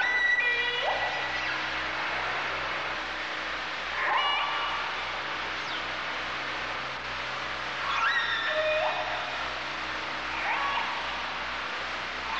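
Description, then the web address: Orca calls: harmonic squeals that rise and fall, repeated every few seconds, over a steady low pulsing drone. "kasatka"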